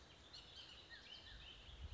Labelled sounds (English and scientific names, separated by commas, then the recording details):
Bullock's Oriole (Icterus bullockii)
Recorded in Sonoma County, California